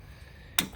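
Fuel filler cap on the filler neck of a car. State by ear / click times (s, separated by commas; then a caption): torque reached / 0.6 s. Fuel filler cap being tightened on the filler neck of a Chrysler 300 with a P0456 code, the cap meant to click so its ratchet slips at the set torque. After quiet low hum, one sharp click sounds at 0.6 s, showing the cap's ratchet clicking when tightened.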